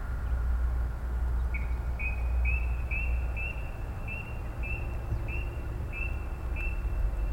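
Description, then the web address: Brown-cheeked rail call series: evenly spaced short piping notes about twice a second, starting after a quiet second and a half, over steady low hum. "koe kuina"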